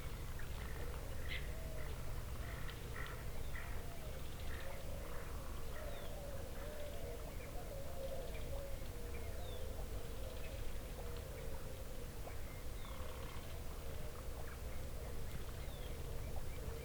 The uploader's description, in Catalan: enregistraments de camp d’entorns medioambientals en procés de canvi irreversible